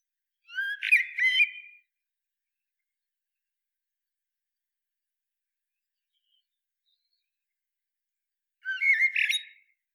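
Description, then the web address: Common blackbird singing two brief phrases about eight seconds apart, each a short whistled start breaking into a busy, squeaky high twitter. Silence in between. "SETE Turdus merula"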